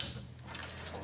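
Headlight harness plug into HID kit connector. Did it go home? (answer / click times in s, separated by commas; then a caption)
yes / 0.0 s. The brown stock headlight harness plug, which held the stock halogen bulb on a 2006–2013 Toyota Corolla, is lined up and pushed into the black plastic connector of an HID xenon kit. It gives a sharp, bright click at 0.0 s, followed by low handling noise with two faint ticks around 0.6 s and 0.8 s. The connector is seated and clicked in.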